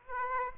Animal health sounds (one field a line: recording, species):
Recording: mosquito wingbeat signal from an infrared sensor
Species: Aedes aegypti